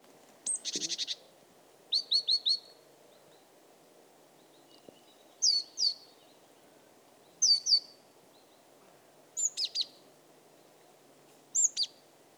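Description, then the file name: Great tit: high, sharp chirps in short clusters of a few notes, repeated at intervals over faint low background noise. "Parus major"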